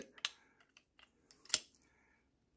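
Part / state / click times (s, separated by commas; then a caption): retaining pin into revolver frame / seated / 1.5 s. A metal cylinder retaining pin is pushed into the frame of a .45 Colt revolver while the release button is held down. A few light metallic ticks come first, then a sharp click at 1.5 s as the pin locks all the way into place. It has to be fully locked, because a loose pin could be blown out when the revolver is fired.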